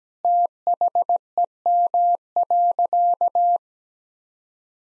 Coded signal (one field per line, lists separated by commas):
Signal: Morse code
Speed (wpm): 17 wpm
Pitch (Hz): 700 Hz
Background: none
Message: THEM.